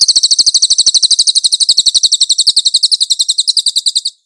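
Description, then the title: Cililin giving a long, steady, high-pitched chattering trill of quick repeated notes, running about four seconds before stopping. "SUARA BURUNG CILILIN"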